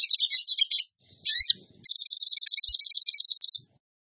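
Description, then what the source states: Bird gives a short chatter, a quick swooping note, then a steady run of rapid high repeated notes lasting nearly two seconds. Masteran (training recording) for birds, in the tembakan gacor song style.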